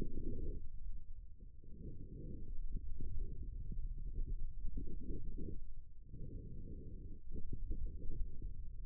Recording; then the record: forearm muscle sounds (acoustic myography)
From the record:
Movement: hand opening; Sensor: system 2, bracelet of six BSWA MPA416 microphones around the upper forearm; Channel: 4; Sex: male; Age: 22 years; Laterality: right